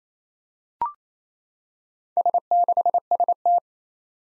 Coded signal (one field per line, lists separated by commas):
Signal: Morse code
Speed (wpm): 28 wpm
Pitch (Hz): 700 Hz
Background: none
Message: S6ST